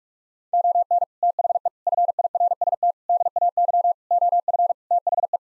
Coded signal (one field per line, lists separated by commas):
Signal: Morse code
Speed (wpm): 46 wpm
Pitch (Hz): 700 Hz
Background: none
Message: ON THE FIRST DAY OF THE